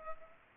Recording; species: mosquito wingbeat signal from an infrared sensor; Culex pipiens